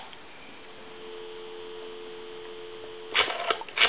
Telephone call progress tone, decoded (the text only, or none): dial tone